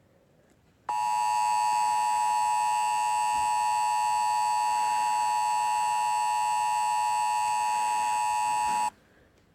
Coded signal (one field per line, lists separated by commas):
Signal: Emergency Alert System (SAME) tones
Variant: 853 and 960 Hz attention tone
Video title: Eas